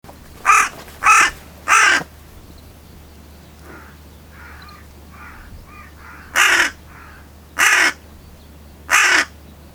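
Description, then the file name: Carrion crow cawing: three harsh, hoarse caws in quick succession, a pause with faint softer calls, then three more loud, more widely spaced caws. "Corvus corone"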